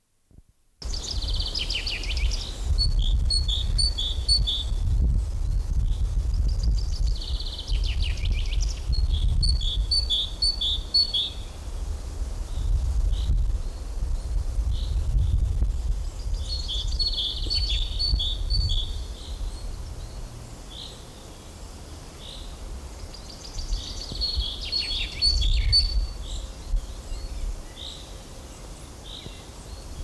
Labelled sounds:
Common Chaffinch

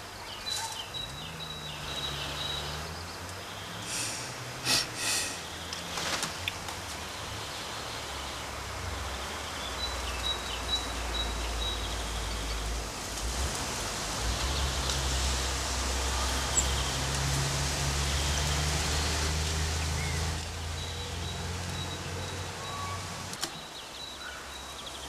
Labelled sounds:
Great Tit song

